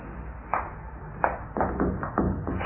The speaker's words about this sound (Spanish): Jim golpeó la pared y esta sonó a hueco, con lo que se afirmaba la deducción detectivesca del pequeño Solín.